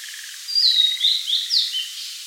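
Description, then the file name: Blue-and-white flycatcher song phrase of clear slurred whistles, while a soft, rapid, repeated trill runs low underneath. "Cyanoptila cyanomelana"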